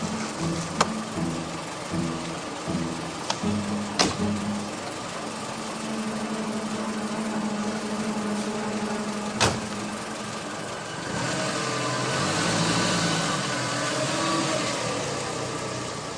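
A car engine idles with a steady low hum as the car picks up a passenger, a few sharp clicks and knocks over it, then the engine note rises and thickens as it revs up to drive off near the end.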